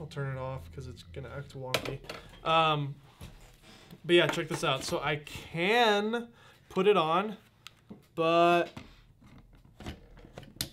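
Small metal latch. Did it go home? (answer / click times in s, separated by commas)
yes / 10.6 s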